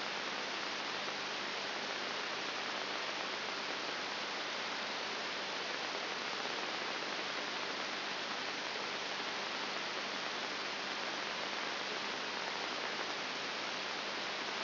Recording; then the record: brain microelectrode recording played as sound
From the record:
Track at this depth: outside the subthalamic nucleus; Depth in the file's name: 7.5 mm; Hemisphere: right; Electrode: 3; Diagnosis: Parkinson's disease